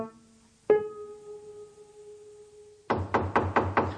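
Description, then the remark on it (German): A lingering ringing tone fades out, then a series of about five firm, quick knocks on a door rap out in a steady rhythm, with no voices. “Die Tür ist offen, kommen Sie rein.”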